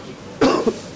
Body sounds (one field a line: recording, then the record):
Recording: coughing mixed with background sound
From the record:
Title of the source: Coughing 77